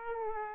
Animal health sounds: mosquito wingbeat signal from an infrared sensor; Aedes aegypti

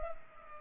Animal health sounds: mosquito wingbeat signal from an infrared sensor; Culex pipiens

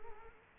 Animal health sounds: mosquito wingbeat signal from an infrared sensor; Culex quinquefasciatus

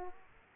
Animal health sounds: mosquito wingbeat signal from an infrared sensor; Aedes aegypti

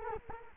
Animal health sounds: mosquito wingbeat signal from an infrared sensor; Culex quinquefasciatus

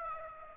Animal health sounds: mosquito wingbeat signal from an infrared sensor; Aedes aegypti

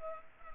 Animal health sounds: mosquito wingbeat signal from an infrared sensor; Culex pipiens

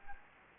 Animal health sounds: mosquito wingbeat signal from an infrared sensor; Anopheles gambiae

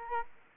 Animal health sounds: mosquito wingbeat signal from an infrared sensor; Aedes aegypti

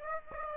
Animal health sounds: mosquito wingbeat signal from an infrared sensor; Aedes aegypti

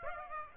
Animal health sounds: mosquito wingbeat signal from an infrared sensor; Aedes aegypti

